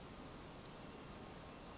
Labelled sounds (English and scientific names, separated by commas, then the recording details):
Western Flycatcher (Empidonax difficilis)
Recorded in Sonoma County, California